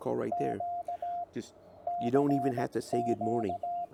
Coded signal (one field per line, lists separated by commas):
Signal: Morse code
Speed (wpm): 17 wpm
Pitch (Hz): 700 Hz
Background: speech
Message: Q CQ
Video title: CW mistakes are OK! Get on the Air